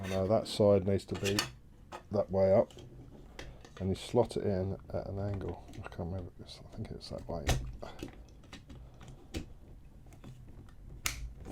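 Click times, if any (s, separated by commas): 11.1 s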